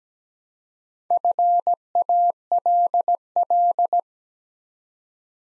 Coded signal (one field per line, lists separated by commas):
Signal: Morse code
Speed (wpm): 17 wpm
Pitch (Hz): 700 Hz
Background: none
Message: FALL